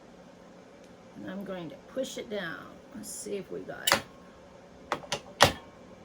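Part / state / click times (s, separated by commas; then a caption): metal snap fastener pressed into doll blouse fabric / seated / 5.4 s. Someone talks while a snap-setting tool is placed over a metal snap fastener in the center of a doll blouse's fabric and pushed down to close it. Sharp hits follow at about 4.9 s and 5.1 s, then a louder one at 5.4 s, when the snap is pressed home and seated.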